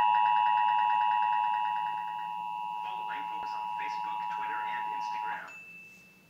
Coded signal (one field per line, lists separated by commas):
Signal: Emergency Alert System (SAME) tones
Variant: 853 and 960 Hz attention tone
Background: speech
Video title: EAS #31 Required Monthly Test (AT&T)